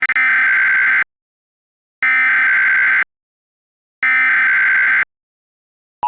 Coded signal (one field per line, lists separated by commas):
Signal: Emergency Alert System (SAME) tones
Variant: header bursts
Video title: EAS Mock: 2013 El reno Tornado emergency... #MockMasterChallenge